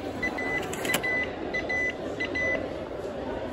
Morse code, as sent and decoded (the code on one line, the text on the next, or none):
none